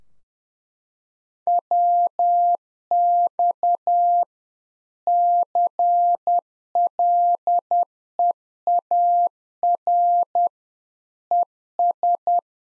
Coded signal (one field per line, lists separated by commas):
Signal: Morse code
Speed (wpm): 10 wpm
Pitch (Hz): 700 Hz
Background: none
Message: WX CLEAR ES